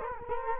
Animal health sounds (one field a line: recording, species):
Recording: mosquito wingbeat signal from an infrared sensor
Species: Culex quinquefasciatus